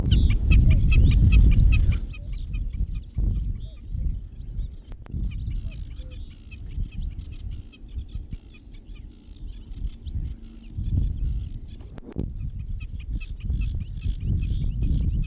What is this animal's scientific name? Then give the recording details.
Gallinago gallinago. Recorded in the wild. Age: adult. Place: Klockenhagen/Ribnitz-Damgarten, Mecklenburg-Vorpommern, DE. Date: 1970-06-08. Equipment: Uher 4200 Report Stereo, DM 622, Reflektor, Tesla-Verstärker. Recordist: Tembrock, Günter. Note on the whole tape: Doppelrufe (am Boden). Feuchte Wiesen - Klockenhagen. Aufkommender Wind